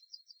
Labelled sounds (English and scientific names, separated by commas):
Yellowhammer (Emberiza citrinella) song